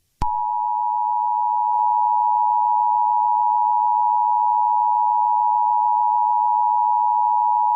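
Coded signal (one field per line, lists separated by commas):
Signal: Emergency Alert System (SAME) tones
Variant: 853 and 960 Hz attention tone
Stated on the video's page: Simulated EAS scenario depicting a cyberattack.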